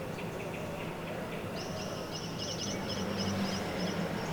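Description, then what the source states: Great tit song, high thin two-note phrases repeated rapidly and rhythmically in a series, over a low steady hum. Great tit seen at the recordist's balcony; small, elusive and hard to see, with a black-and-white head; song described as elegant and simple.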